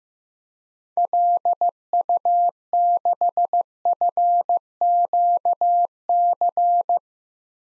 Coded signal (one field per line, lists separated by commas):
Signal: Morse code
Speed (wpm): 15 wpm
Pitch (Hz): 700 Hz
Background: none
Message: LU6FQC